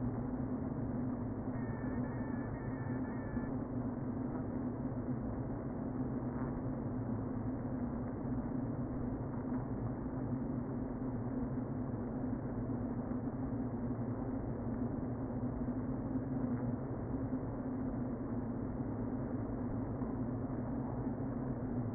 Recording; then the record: honeybee colony, microphone inside the hive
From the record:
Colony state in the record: queen present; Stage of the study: before two queens were removed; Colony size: about 60,000 bees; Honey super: yes